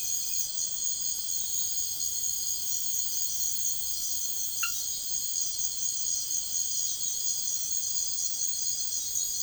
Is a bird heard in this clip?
no